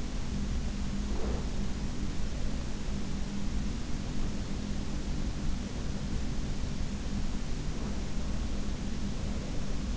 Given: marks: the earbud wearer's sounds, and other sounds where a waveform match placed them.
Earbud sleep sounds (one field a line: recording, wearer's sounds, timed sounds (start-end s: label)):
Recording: sounds in sleep by an in-ear microphone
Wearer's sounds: breath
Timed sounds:
0.00-2.73 s: breath